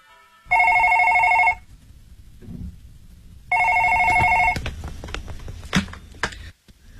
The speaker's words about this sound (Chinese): 老公、 啊、 是郑焕的电话。